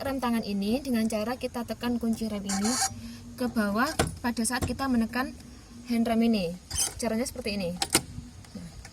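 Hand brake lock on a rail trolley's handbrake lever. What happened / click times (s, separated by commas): The lever is being handled; the lock has not clicked home yet / none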